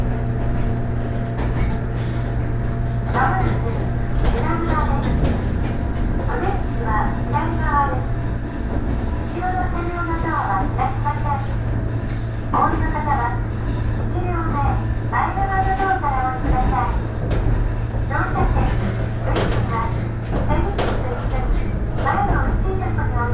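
A ride on the Fukuen Line train from Fukuyama toward Dojo, with a steady low rumble and hum running under the whole recording. Voices talk on and off throughout, in short bursts. Faint clicks and rattles from the train come through now and then.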